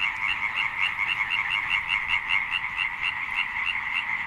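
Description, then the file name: Tree frog giving rapid pulsed croaks repeated several times a second, merging into a continuous throbbing rattle. Loud tree frog song with a chorus of tree frogs in the background. "chant rainette ok fort avec fond sonore choeur rainette"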